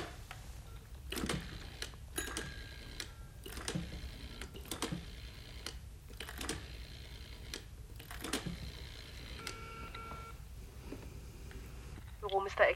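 A telephone is dialed with a series of sharp, irregular mechanical clicks, followed by a faint tonal ring as the line connects. The clicks stand out loudly against a low, steady background hum.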